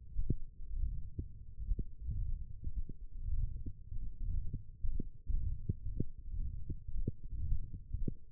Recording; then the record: forearm muscle sounds (acoustic myography)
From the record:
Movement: wrist extension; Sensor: system 1, eight BSWA MPA416 microphones around the upper forearm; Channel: 4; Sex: male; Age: 23 years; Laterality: right